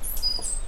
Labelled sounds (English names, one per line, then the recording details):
Stitchbird song
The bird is a male
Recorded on Tiritiri Matangi Island, New Zealand, in 2005
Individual 2, of nest box 2